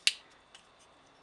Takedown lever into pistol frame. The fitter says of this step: locks in place